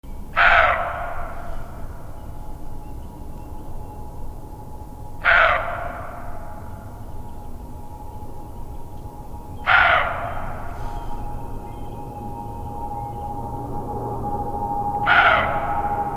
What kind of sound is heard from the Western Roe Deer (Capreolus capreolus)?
barking